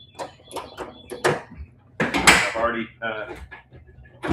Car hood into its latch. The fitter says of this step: it won't latch because both left